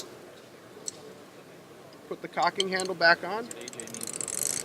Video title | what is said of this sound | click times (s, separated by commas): Ravin Crossbows at ATA 2018 | down onto the string until you hear it snap. | 0.9 s